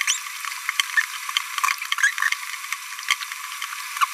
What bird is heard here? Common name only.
Green-rumped Parrotlet